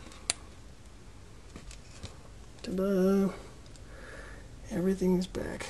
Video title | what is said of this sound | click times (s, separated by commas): 78 Bronco Ignition Cylinder Lock | just snap into place | 0.3 s